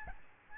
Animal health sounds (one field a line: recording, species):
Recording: mosquito wingbeat signal from an infrared sensor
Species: Aedes albopictus